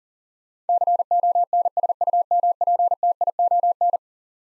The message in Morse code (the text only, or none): CONSUMPTION